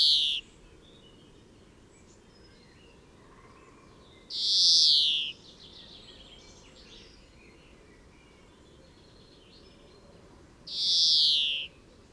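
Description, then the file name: European greenfinch uttering three drawn-out nasal wheezes spaced several seconds apart. "Chloris chloris"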